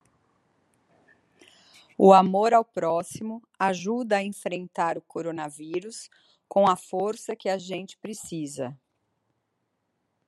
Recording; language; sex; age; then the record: spoken sentence; Brazilian Portuguese; female; 30 to 39 years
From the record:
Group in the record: control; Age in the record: 38 years